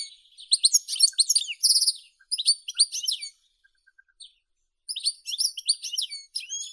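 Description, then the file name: European goldfinch singing rapid, high twittering phrases with buzzy trills and chirps, broken by short pauses before a fresh burst of tinkling notes. "Golosa ptic - CSHegol Carduelis carduelis"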